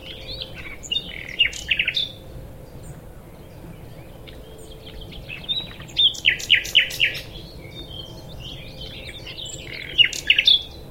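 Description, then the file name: Common nightingale song in short phrases of rapid notes and trills around one to two seconds, six to seven seconds and ten seconds, with a steady low background hum. "Luscinia megarhynchos"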